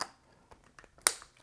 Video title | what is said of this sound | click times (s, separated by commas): Instant Hot Camp Shower - Joolca HOTTAP | push the hose on, snaps on that end. | 1.1 s